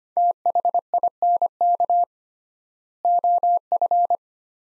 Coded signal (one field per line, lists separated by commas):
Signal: Morse code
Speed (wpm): 25 wpm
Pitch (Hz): 700 Hz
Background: none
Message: THINK OF